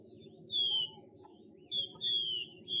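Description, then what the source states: Chinese hwamei: songbird giving a few clear, falling whistled notes over a steady low rumbling hum. Female bird giving 'xuy' calls.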